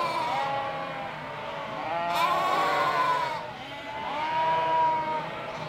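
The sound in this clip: Sheep bleating, several drawn-out wavering bleats overlapping, one rising and falling near the middle and another toward the end.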